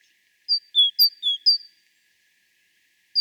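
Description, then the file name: Great tit giving a short burst of a few alternating high and low notes, then silence, with a single high note at the end. "Parus major"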